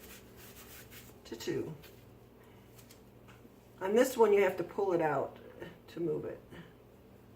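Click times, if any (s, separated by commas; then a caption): none. Someone talks while handling the thickness adjustment knob on a manual hand-crank pasta roller, pulling it out to move it to setting two. Quiet handling noise sits between stretches of speech. The knob has not yet snapped into its metal detent, and nothing has seated or clicked by the end of the clip.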